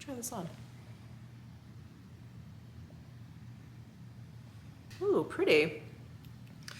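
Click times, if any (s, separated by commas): 6.7 s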